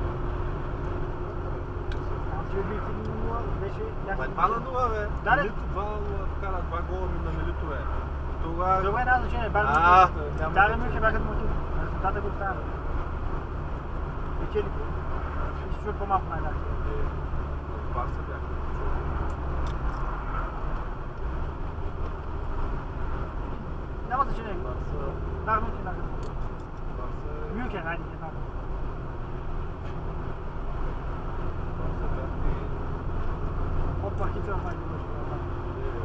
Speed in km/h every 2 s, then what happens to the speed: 54, 54, 56, 54, 53, 54, 55, 55, 54, 53, 50, 47, 48, 50, 50, 50, 51, 53.
0-14 steady at about 54. 14-21 slows to 47. 21-36 steady at about 50.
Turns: none.